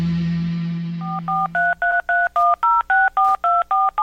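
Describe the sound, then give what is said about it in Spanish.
A steady low hum gives way to a quick, even run of about eleven touch-tone dialing beeps as a call is placed to a cell phone, each a short two-pitch tone, loud and clear with no voices. “Su llamada será transferida al buzón. ¡Contesta tu cochino celular!”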